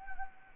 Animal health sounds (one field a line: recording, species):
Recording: mosquito wingbeat signal from an infrared sensor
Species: Anopheles arabiensis